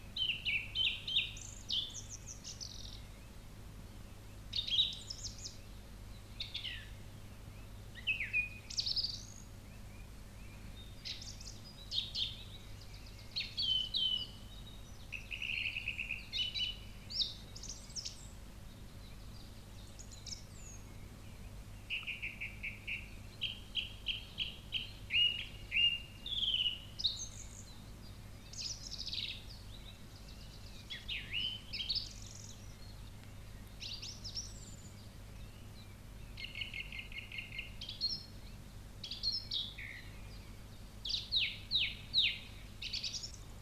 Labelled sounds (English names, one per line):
Song Thrush song